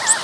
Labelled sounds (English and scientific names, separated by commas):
Blue-winged Warbler (Vermivora cyanoptera) flight call